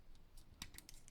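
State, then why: Seated. A plastic arm piece on a double hinge of a Transformers Studio Series 86 Deluxe Class Kup action figure is lined up on its torso peg and pressed until it snaps into place. A sharp snap is heard at 0.6 s among lighter plastic clicks and ticks, and the arm piece is seated.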